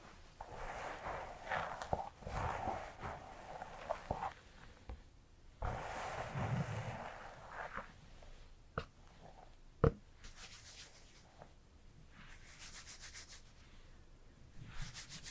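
Hair is brushed and the scalp rubbed in uneven scratchy strokes, dense through the first eight seconds, then sparser and softer. Sharp clicks land near 9 and 10 seconds, and later passes turn into quick, regular rasping bursts.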